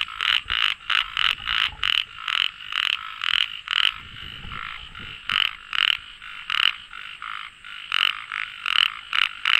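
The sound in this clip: Frog calling with rapid, rasping croaks in irregular bursts, pausing briefly near the middle before resuming the quick buzzy series.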